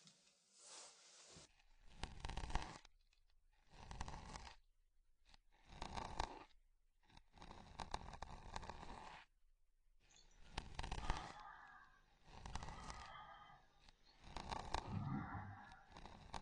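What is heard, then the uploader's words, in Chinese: Hair is combed in scratchy strokes, each lasting about a second and repeating steadily every couple of seconds. 梳头+按摩。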